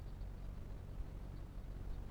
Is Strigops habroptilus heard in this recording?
no